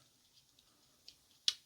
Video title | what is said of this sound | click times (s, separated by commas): The COMPLETE James Bond Lotus Esprit 'Wet Nellie' Build: The Full Journey From Start to Final Reveal | and they'll snap into place there. | 1.5 s